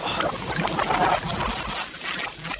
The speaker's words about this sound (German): Da, ich besprenge ihn mit dem Wasser des Todes.